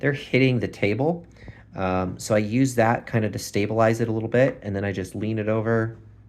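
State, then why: Not seated. Someone talks throughout while handling a MoErgo Glove80 split keyboard half, which has a metal plate on its underside, and leans it over toward a magnetic tenting mount, with the small nubs on the back of the plate resting on the table to steady it. No distinct click or impact stands out over the speech. The clip ends before the half snaps onto the mount, so nothing has seated yet.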